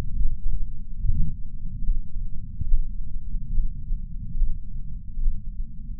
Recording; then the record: heart sounds by patch sensor on the chest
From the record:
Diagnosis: coronary artery disease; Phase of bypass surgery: preoperative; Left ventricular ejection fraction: 58.9%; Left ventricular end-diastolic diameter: 51 mm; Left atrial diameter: 51 mm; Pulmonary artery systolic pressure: 40 mmHg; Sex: male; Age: 73 years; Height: 170 cm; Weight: 85 kg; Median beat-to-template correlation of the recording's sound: 0.81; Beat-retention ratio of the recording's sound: 0.95